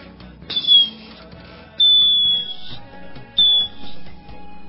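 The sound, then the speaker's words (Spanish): A clay whistle imitates a harpy eagle's call in three loud, high-pitched whistled cries: a short first note, a long steady second, and a briefer third. No one speaks. “O si no, a jatun taita, águila arpía.”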